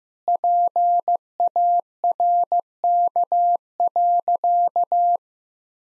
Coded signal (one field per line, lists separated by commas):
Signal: Morse code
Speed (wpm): 15 wpm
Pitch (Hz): 700 Hz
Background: none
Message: PARK.